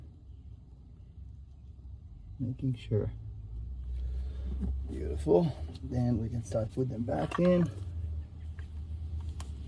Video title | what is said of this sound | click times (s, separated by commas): Wakeboard Boat Spring Service: Complete Malibu Wakesetter Maintenance Guide | There's a little click comes in as they plug in. | 9.4 s